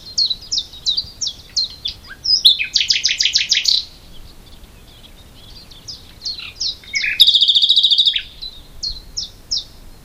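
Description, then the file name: Common nightingale song with quick repeated high notes, a fast throbbing trill, a quieter pause, then more short notes around a dense buzzy rattle. "Luscinia megarhynchos"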